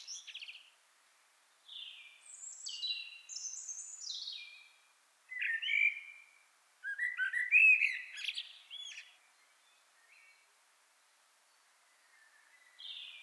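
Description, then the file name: Common blackbird singing a series of separate high whistled and squeaky phrases, some sliding downward, later ones harsher and chattering, with pauses between bursts. "Turdus merula"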